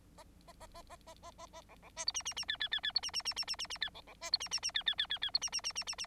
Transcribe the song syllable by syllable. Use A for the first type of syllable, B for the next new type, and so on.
A A A A A A A A A B B C D E E E F F F F D E E E E E E E F B B C D E E E F F F F F D E E E E E E